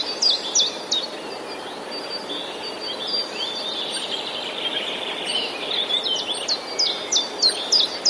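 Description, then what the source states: Common chiffchaff song, a few high repeated chiff notes at the start and a longer run near the end, with a lower, continuous warbling song from another bird in the middle. Recorded 11 April 2019, alongside other songbirds.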